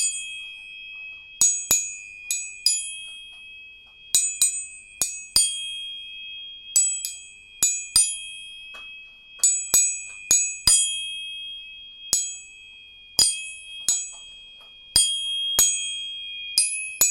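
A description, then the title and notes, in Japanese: Tuning forks are struck again and again, each hit a sharp bright ping that rings and fades within a second or so. A steady high pure tone hums underneath the whole time, while strikes come irregularly, about one per second. 音叉チューニング3本。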